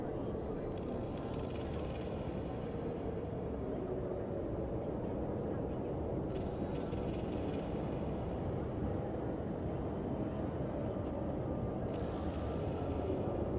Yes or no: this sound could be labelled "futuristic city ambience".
yes